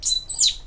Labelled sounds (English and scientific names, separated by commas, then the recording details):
Stitchbird (Notiomystis cincta) song
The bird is a male
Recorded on Tiritiri Matangi Island, New Zealand, in 2005
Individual 14, of nest box 20